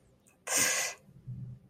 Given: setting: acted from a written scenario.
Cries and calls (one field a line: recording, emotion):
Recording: vocal sound without words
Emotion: pain